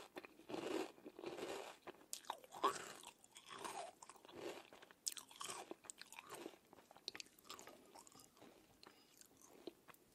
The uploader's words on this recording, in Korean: 시리얼 이팅사운드. Crunchy cereal eating sound.